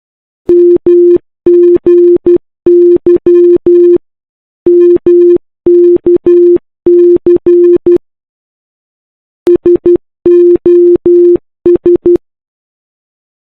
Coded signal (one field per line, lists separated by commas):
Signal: Morse code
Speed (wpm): 12 wpm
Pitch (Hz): 350 Hz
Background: none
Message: MGY MKC SOS